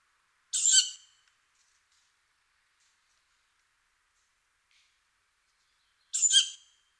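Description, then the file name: Tawny owl uttering two rough, hissing screeches about five and a half seconds apart, with near silence in between. "hulotte"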